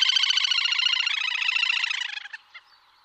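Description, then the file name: Little grebe trilling call, a fast high trill of rapid notes that fades after two seconds, with a few last separate notes. "Tuffetto"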